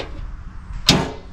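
A steel, powder-coated folding tailgate table on a Bronco tailgate is popped off, raised and locked into place. A low rumble leads to one sharp, bright metallic clack at 0.9 s, which rings briefly and fades. The table is seated and locked in.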